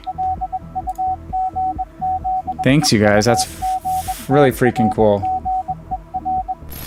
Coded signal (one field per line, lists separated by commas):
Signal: Morse code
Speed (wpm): 21 wpm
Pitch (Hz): 750 Hz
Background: speech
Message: LUGZEUGTRGER